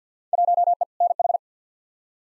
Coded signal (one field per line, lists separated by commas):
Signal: Morse code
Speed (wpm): 50 wpm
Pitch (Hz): 700 Hz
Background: none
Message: 1E NH